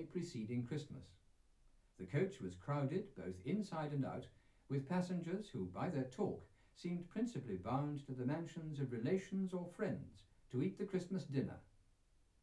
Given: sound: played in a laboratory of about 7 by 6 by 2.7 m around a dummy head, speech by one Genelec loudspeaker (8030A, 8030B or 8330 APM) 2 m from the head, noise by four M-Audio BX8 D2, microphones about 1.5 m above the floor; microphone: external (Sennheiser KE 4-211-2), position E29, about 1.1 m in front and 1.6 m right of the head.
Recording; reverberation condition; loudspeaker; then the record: male speech in English; low; behind (180 degrees)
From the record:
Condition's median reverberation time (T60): about 310 ms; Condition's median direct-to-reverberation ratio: about 3.5 dB